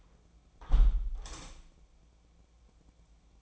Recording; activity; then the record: daily activity, microphone in the room; close window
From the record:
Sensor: 1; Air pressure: 1012.4 hPa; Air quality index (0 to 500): 166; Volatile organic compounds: 3 ppm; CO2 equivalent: 1353 ppm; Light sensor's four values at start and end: 136/307/135/144 and 150/337/149/158